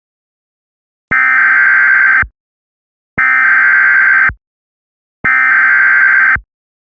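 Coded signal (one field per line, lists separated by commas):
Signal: Emergency Alert System (SAME) tones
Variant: header bursts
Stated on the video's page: Mock EAS alert, a fictional Missing Endangered Persons alert imitating an older EAS system without SAME decoders.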